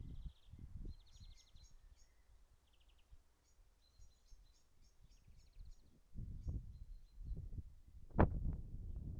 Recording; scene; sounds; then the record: everyday scene through a hearing-aid microphone; wind on the microphone; wind, birds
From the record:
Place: in front of a rural house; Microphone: behind the ear, right, rear